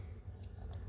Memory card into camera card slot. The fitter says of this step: ऐसे आपको साउंड आएगी लॉक होने की।